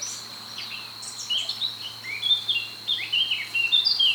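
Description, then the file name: Eurasian blackcap song: continuous lively warbling with quick jumbled whistles and slurred notes almost throughout, above a steady high-pitched drone. "Sylvia atricapilla"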